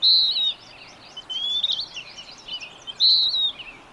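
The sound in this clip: Bird song: a strong high whistle at the start, a thinner sliding whistle in the middle, then the loud whistle again, amid busy chirping.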